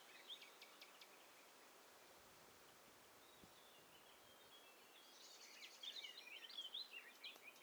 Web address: Hi Fi STEREO BIRD COCKTAIL PARTY Challenge